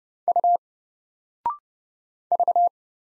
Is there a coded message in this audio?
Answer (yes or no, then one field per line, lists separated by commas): yes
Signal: Morse code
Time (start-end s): 0.3-2.7 s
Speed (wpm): 30 wpm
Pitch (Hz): 700 Hz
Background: none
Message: U V